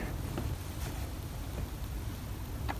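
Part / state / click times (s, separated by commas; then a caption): brush roller bar into vacuum cleaner head / not seated / none. A cleaned plastic brush roller bar is handled as it goes back into the head of a Dyson Ball DC24 All Floors vacuum cleaner, flared end first, to be pressed home. A steady low rumble with faint handling noises runs throughout, with soft brief scrapes near 0.4 s and 2.7 s. Nothing has seated or clicked yet.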